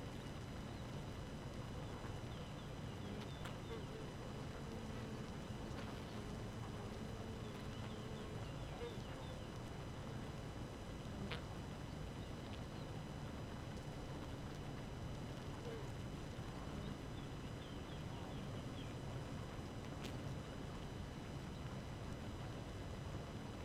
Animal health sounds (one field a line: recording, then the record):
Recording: honeybee colony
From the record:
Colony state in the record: active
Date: 12 June 2018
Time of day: 4:40